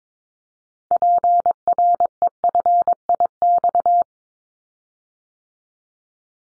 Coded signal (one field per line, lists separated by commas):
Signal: Morse code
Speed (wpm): 22 wpm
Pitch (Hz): 700 Hz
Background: none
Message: PREFIX